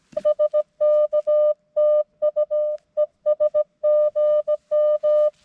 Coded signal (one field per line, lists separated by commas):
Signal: Morse code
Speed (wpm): 19 wpm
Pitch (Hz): 590 Hz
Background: music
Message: SK TU ES GM